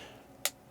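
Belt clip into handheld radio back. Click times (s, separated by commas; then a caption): 0.5 s. A tool-less plastic belt clip is slid down into its slot on the back of a handheld radio, the A36 Plus. It seats with one sharp, bright snap at 0.4 s over a quiet background, followed by a faint tick near the end, and the clip is in place.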